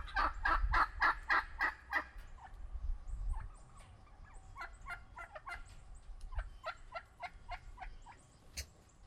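Turkey calling: a fast series of sharp, evenly spaced notes for two seconds, then scattered softer clucks and yelps continuing to the end, with one sharp note near the end.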